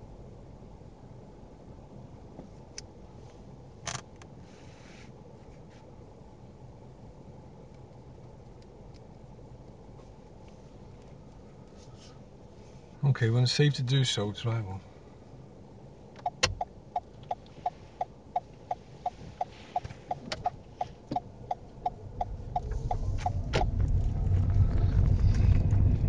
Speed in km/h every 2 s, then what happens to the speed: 0, 0, 0, 0, 0, 0, 0, 0, 0, 0, 6, 11, 16.
0-18 standing. 18-26 pulls away to 16.